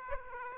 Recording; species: mosquito wingbeat signal from an infrared sensor; Aedes aegypti